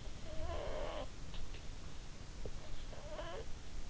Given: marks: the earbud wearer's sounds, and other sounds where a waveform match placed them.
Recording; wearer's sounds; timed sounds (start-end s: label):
sounds in sleep by an in-ear microphone; snoring breath
0.16-1.09 s: snoring breath
2.35-3.55 s: snoring breath